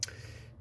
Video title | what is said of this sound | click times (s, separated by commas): 2007 Ford Focus Valve Cover Gasket Repair | make sure you just popped up goes back in and just pushes right and you'll hear a click | 0.0 s